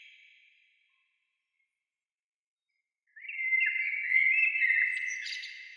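Bird song: a brief high warble fades out, then after a silence a fast, twittering phrase of chirps and trills begins.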